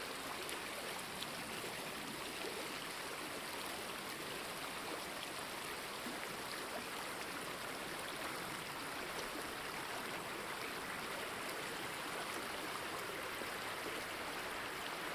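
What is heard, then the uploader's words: A creek flows steadily throughout, a dense, even rush of water that stays at the same level from start to finish. The sound is bright and hissy, with a thin high band running across the top and no clear separate steps or events. Take a walk through the snow covered woodlands of Pennsylvania. This was recorded with binaural in-ear microphones.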